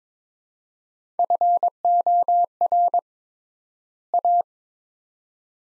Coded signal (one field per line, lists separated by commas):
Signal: Morse code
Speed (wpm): 22 wpm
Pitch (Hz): 700 Hz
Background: none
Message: FOR A